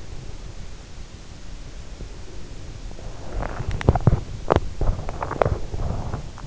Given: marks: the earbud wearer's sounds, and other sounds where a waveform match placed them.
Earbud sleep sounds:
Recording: sounds in sleep by an in-ear microphone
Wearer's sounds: body movement, teeth grinding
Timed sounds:
3.14-6.46 s: body movement
3.21-5.78 s: teeth grinding

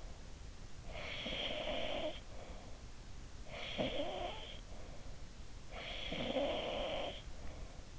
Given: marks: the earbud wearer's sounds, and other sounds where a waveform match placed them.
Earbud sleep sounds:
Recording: sounds in sleep by an in-ear microphone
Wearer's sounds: snoring breath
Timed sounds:
0.37-2.85 s: snoring breath
3.14-5.13 s: snoring breath
5.54-7.76 s: snoring breath

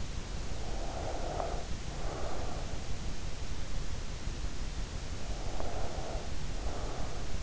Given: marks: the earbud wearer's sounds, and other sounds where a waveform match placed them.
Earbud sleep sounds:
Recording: sounds in sleep by an in-ear microphone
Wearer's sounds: breath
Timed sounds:
0.46-2.65 s: breath
5.15-7.43 s: breath

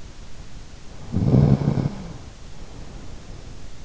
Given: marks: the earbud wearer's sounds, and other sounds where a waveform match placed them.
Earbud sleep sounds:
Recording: sounds in sleep by an in-ear microphone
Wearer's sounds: snoring breath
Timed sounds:
0.91-3.67 s: snoring breath

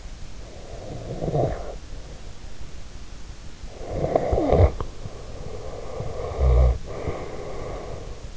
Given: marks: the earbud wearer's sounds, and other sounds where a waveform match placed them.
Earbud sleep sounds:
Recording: sounds in sleep by an in-ear microphone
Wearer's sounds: snoring breath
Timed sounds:
0.51-2.01 s: snoring breath
3.63-8.37 s: snoring breath

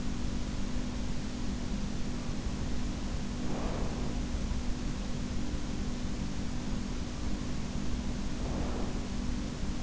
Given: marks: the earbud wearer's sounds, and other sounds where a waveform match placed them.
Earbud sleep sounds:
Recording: sounds in sleep by an in-ear microphone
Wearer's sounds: breath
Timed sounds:
3.37-5.29 s: breath
7.65-9.83 s: breath

